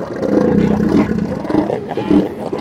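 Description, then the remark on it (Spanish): Two huge male animals, each weighing over a tonne, growl as they fight in Patagonia: a loud, deep, throaty rumbling that runs continuously with overlapping surges and rough, pulsing bursts. “Los gruñidos que salen de sus gargantas resuenan como si emergieran de una caverna.”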